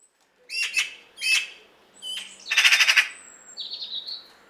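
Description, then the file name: Eurasian magpie uttering a few harsh, scratchy chacks followed by a louder rattling burst, then softer squeaky notes. "Pica pica"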